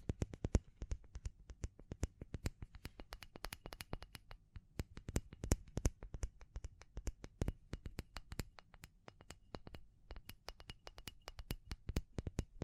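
Rapid, irregular tapping with sharp, crisp clicks packed densely throughout, mixed with brief scratchy bursts and a faint low rumble underneath.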